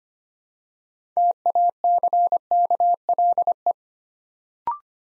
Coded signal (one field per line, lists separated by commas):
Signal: Morse code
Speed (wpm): 25 wpm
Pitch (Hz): 700 Hz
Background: none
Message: TACKLE